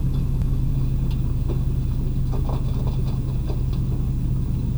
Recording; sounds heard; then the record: poultry house recording; no chicken sound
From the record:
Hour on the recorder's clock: 0